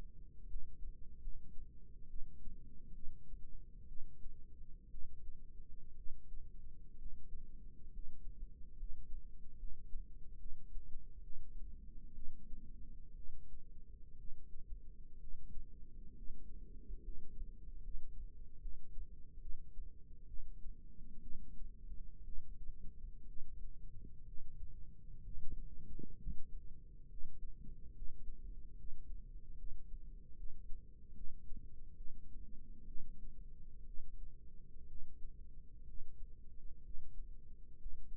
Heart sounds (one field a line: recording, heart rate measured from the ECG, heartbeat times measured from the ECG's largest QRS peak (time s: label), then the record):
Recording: heart sounds by microphone in the left ear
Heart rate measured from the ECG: 66 bpm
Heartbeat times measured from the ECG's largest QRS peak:
0.47 s: heartbeat
1.19 s: heartbeat
2.07 s: heartbeat
2.92 s: heartbeat
3.86 s: heartbeat
4.89 s: heartbeat
5.94 s: heartbeat
6.96 s: heartbeat
7.90 s: heartbeat
8.76 s: heartbeat
9.57 s: heartbeat
10.37 s: heartbeat
11.22 s: heartbeat
12.13 s: heartbeat
13.13 s: heartbeat
14.16 s: heartbeat
15.18 s: heartbeat
16.13 s: heartbeat
17.01 s: heartbeat
17.81 s: heartbeat
18.59 s: heartbeat
19.39 s: heartbeat
20.25 s: heartbeat
21.21 s: heartbeat
22.22 s: heartbeat
23.25 s: heartbeat
24.24 s: heartbeat
25.21 s: heartbeat
26.17 s: heartbeat
27.07 s: heartbeat
27.92 s: heartbeat
28.75 s: heartbeat
29.55 s: heartbeat
30.34 s: heartbeat
31.12 s: heartbeat
31.95 s: heartbeat
32.85 s: heartbeat
33.84 s: heartbeat
34.86 s: heartbeat
35.84 s: heartbeat
36.82 s: heartbeat
37.77 s: heartbeat
From the record:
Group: healthy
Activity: cold pressor test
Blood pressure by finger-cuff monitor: 141/66 mmHg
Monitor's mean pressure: 90 mmHg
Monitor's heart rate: 65 bpm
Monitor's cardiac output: 6.4 L/min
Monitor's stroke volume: 100 mL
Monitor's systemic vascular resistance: 1030 dyn s/cm5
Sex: female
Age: 37 years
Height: 168 cm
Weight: 70 kg